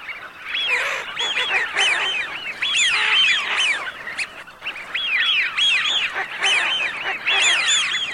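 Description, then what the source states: A flock of Eurasian wigeon giving clear, arched whistles, many birds overlapping in a near-constant chorus with short dips between bursts. Filtered.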